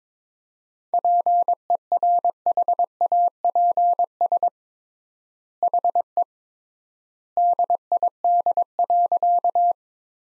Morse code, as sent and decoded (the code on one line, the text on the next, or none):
.--. . .-. .... .- .--. ... / .... . / -.. .. -.. .-.-.-
PERHAPS HE DID.